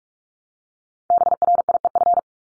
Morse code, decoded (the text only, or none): BRIEF